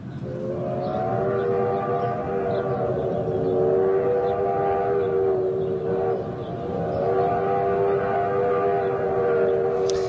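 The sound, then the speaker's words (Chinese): A train bound for Foshan rolls steadily along the rails, a loud continuous rumble layered with sustained droning tones that waver slightly, dipping briefly midway before carrying on. “嗰年，黄飞鸿同佢嘅太太十三姨坐火车翻翻去佛山祭祖，故事就系由呢一班列车开始啦。”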